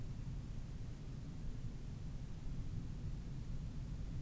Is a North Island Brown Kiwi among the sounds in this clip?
no